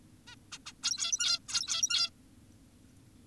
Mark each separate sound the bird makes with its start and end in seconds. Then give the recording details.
0.28-0.36, 0.52-0.58, 0.66-0.73, 0.83-1.39, 1.49-2.10. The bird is an adult. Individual g17y2U